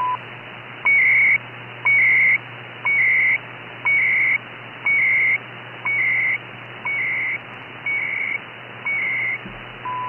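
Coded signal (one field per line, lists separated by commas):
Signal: radio time signal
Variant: CHU, 300-baud FSK timecode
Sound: short tick each second, then a half-second warbling data chirp, about ten times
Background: radio static, low hum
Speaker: one of the signals that you might encounter on demands is this one [Music] c-h-u Canada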